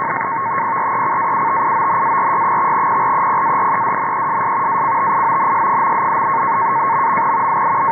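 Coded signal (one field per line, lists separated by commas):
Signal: NAVTEX (SITOR-B)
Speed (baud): 100 baud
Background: radio noise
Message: PRECAUTIONARY/PREPAREDNESS ACTIONS...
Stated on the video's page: NAVTEX SITOR-B message from Norfolk, VA on 518 kHz, received tuned to 517 kHz upper sideband.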